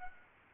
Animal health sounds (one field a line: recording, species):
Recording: mosquito wingbeat signal from an infrared sensor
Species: Aedes aegypti